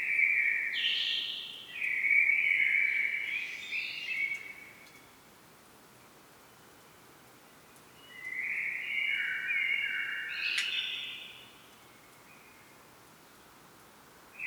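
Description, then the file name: Common blackbird song: two rich fluted phrases several seconds apart, each a few seconds long with varied pitch and a twittering finish, and the start of another at the end. "Turdus merula"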